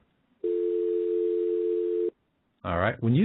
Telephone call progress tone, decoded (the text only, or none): dial tone